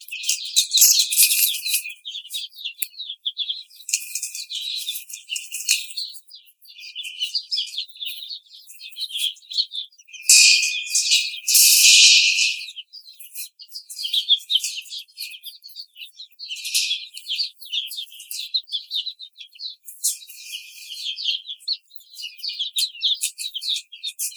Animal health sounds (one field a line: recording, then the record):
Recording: young laying hens in a cage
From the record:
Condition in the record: treatment cage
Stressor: simulated dog barking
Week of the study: 5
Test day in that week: 1